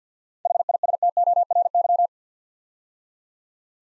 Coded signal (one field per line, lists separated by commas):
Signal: Morse code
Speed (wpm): 48 wpm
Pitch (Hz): 700 Hz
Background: none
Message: HISTORY